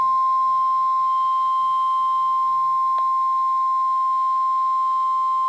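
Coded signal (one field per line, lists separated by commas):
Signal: Emergency Alert System (SAME) tones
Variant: 1050 Hz attention tone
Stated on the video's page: Severe thunderstorm warning alerts from Pennsylvania.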